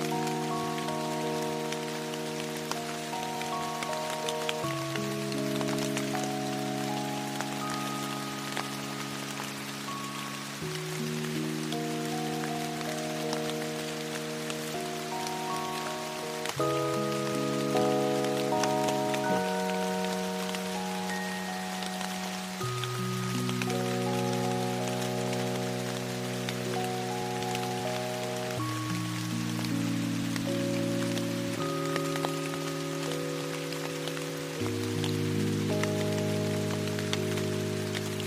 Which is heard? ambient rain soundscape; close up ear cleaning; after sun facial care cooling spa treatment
ambient rain soundscape